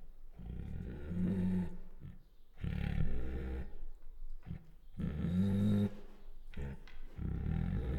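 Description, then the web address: Bengal tiger growling in low, rough harmonic bursts of about a second, separated by short breathy puffs, repeated several times with brief pauses between. Female Bengal tiger; chuffs, growls and whines. "Sound Ideas Tigers Sound Effects"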